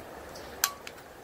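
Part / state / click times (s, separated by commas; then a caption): phone clamp arms of a car phone holder / seated / 0.6 s. The clamp arms of a cheap, roughly $8 in-car phone holder close on a braced phone and lock it in place. A sharp click lands at 0.6 s, followed by a fainter tick at about 0.9 s over a low steady background hum.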